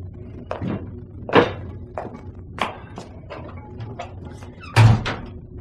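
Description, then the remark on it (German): Hammering: a steady run of dull, knocking blows about every half second to second, with two noticeably heavier strikes among them. No one speaks. “Jemand ist verdammte Hämmern.”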